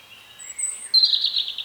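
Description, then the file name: European robin song: a faint, high, drawn-out whistle followed by a louder, shimmering warbled phrase. "Erithacus rubecula"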